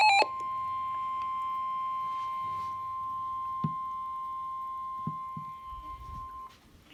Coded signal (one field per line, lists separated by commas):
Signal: Emergency Alert System (SAME) tones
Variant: 1050 Hz attention tone